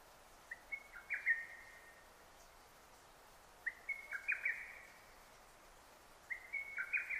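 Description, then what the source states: Lesser cuckoo song: three quick, emphatic phrases of stuttering high notes, separated by short pauses. Recorded 6 June 2009; Japanese name hototogisu.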